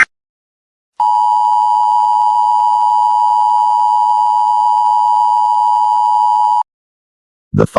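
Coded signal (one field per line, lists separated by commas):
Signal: Emergency Alert System (SAME) tones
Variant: 853 and 960 Hz attention tone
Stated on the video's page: Fictional fan-made EAS scenario.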